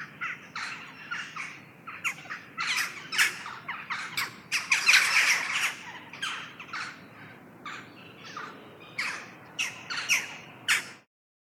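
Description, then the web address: Western jackdaws giving many short, harsh chack calls, several birds overlapping in an irregular busy chorus with a louder burst near the middle. "best service Blue Box birds jackdaws"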